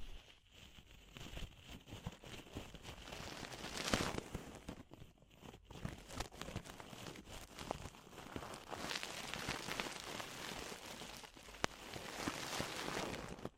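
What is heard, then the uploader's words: Ear-cleaning ASMR sounds fill the recording with dense, scratchy rustling and crackling, like rain pattering on a surface. The texture shifts constantly, with sharp pops near four and twelve seconds and a brief quiet gap around five seconds. ASMR DEEP Ear Penetrating Cleaning (No Talking).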